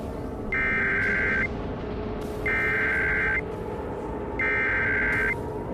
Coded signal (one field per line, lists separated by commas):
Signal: Emergency Alert System (SAME) tones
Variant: header bursts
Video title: Greenland (An EAS Asteroid Impact Scenario) w/ @Diamondlegendz & @nwovee